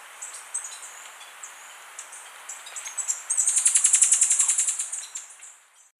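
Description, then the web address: Western Hemispingus: high thin chip notes build into a fast, ringing trill of evenly spaced notes for roughly two seconds, then fade; a Western Hemispingus calling. Recorded in Ecuador. "Birds of Ecuador. Western Hemispingus"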